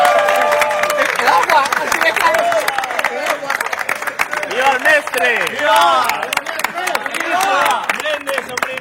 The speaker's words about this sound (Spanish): De esta forma, en ese espacio público, ante la sorpresa de los vecinos, los aplausos y los brindis por un maestre de capella muy querido y que ha dejado de estar en funciones.